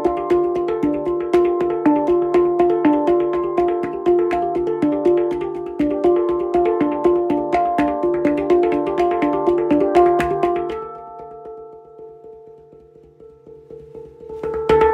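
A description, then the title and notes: A handpan is played in a steady, flowing pattern of quick, ringing strokes, its warm low and middle notes overlapping for about ten seconds. The playing then stops, leaving the last notes to hum and fade, before soft strikes return near the end. The Jam from Bedroom Handpan. A gentle handpan journey from my bedroom to yours!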